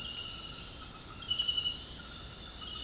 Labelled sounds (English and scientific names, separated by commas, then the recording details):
none
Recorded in secondary vegetation near Puerto Asís, Putumayo, Colombia, on 20 February 2024 at 23:30
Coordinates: 0.468, -76.324
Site G6381